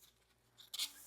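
A support rod is threaded through the fabric sleeve on the side of a large foldable playard and pushed into the top corner connector of the frame. After a quiet stretch and a soft rustle near 0.6 s, a short sharp snap at 0.8 s marks the rod popping into place, followed by brief bright scraping. The rod is seated in the connector.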